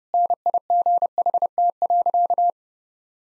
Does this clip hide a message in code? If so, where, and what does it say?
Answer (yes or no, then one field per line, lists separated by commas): yes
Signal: Morse code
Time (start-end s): 0.1-2.5 s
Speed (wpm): 30 wpm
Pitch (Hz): 700 Hz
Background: none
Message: NIGHT.